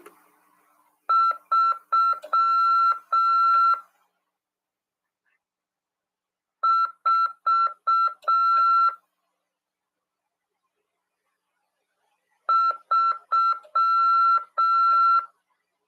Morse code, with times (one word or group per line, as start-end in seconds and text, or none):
1.1-3.7 3
6.6-8.9 4
12.5-15.2 3